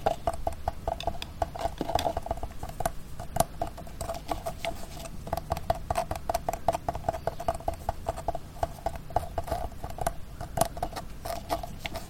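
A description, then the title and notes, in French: Scratching, rubbing and chewing sounds come in a busy, uneven stream of small clicks and scrapes, with sharper taps spread through the twelve seconds, around two, three and ten seconds. A low rumbling murmur runs steadily underneath throughout. Insectes étranges...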